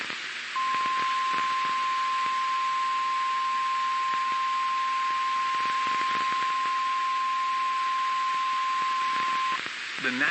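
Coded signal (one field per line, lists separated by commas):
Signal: Emergency Alert System (SAME) tones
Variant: 1050 Hz attention tone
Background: speech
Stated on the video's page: Weather alerts issued by the NWS office in Gray, Maine, captured as EAS broadcasts.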